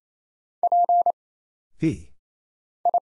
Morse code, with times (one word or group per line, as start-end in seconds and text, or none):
0.6-1.1 P
2.8-3.0 I